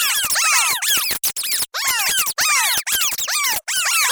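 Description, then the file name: Rodents giving a ceaseless mass of shrill, descending squeaks, broken by short pauses, with clicking and scrabbling noises throughout. Artificially created ambience of a rodent plague. "CREATED AMBIENCE RODENT PLAGUE"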